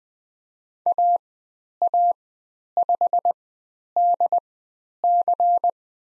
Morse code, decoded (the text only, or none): AA5DC